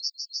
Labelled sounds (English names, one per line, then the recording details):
Yellowhammer song
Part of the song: start
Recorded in the Czech Republic on 25 May 2013
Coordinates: 49.841, 18.376
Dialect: BE
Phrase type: H20
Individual 300652